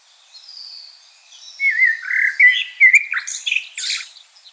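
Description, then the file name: Common blackbird song: faint high notes, then low fluty warbled phrases that break into squeaky, chattering twitters at the end. "Turdus merula"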